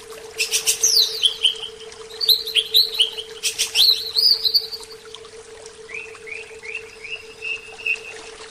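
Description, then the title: Oriental magpie-robin song, a varied stream of sweet whistled phrases with sliding notes, ending in a softer series of repeated slurred whistles. "Kicau Kacer"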